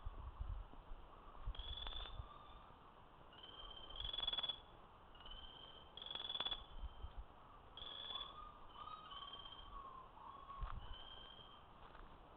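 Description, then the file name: Buff-spotted flameback giving repeated high trilled calls with softer, lower notes in between, over a faint low rumble. "Chrysocolaptes Lucidus"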